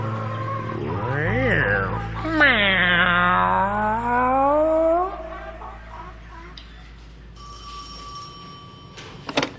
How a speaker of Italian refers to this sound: E questa insopportabile serenità tipica del gatto castrato. Miau.